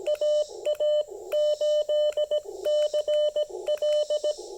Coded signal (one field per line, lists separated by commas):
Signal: Morse code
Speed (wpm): 17 wpm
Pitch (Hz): 600 Hz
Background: none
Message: AA8CL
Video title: POTA Field Report: Making the most of 28.5' of speaker wire and 5 watts!